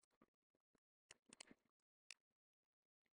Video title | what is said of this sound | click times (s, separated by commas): I'm loving this two tone Purple and Black filament I got off Amazon! | so just snaps right in place and perfectly comfortable | 2.1 s